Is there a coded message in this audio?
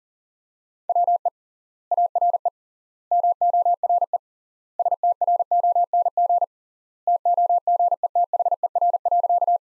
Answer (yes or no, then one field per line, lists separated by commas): yes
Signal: Morse code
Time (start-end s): 0.9-9.6 s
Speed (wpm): 40 wpm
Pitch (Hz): 700 Hz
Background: none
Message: WE ARE MORE STRONG TOGETHER.